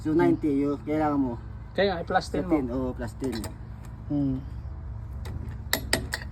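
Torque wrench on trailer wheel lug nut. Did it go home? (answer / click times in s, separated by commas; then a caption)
yes / 5.7 s, 5.9 s. Someone talks while a torque wrench set to about 100 (90 plus 10) tightens a lug nut on an RV trailer wheel. Sharp clicks sound at 5.7 s and 5.9 s as the wrench reaches its torque setting.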